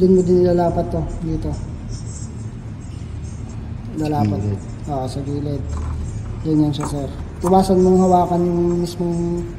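A headlight bulb is lined up in the headlight housing opening of a Wuling Mini EV before being pushed in and locked, with a warning not to touch the bulb glass. Someone talks throughout over a steady low background hum. Nothing has seated or clicked yet.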